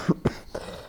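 Two short, low, husky cough bursts come about a fifth of a second apart, followed by a softer throat-clearing sound, from an adult in a small room. These are dry, throat-clearing coughs, from a mild case of asthma made worse by wildfire smoke in California.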